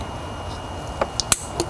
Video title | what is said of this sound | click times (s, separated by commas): How To - Intercooler Pipe Explosion and Repair on 6.7l Ford Diesel Power Stroke | Go ahead and drop the temp sensor back on until it clicks. | 1.2 s, 1.3 s